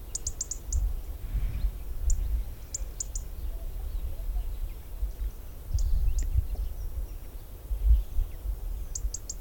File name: white throated robin